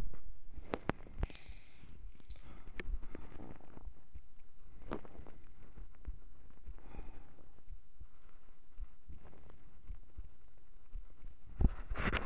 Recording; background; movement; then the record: deep breathing; quiet; sitting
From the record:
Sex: male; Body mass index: 23.7 kg/m2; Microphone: on the chest, facing the body